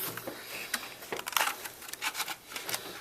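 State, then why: Not seated. The lower laptop memory module (SO-DIMM) sits inserted in its laptop memory slot and is handled before being pressed down under the metal side latches, making a series of light scrapes, taps and rustles with a brief sharp tick near 1.4 seconds. Nothing has seated or clicked into the latches yet.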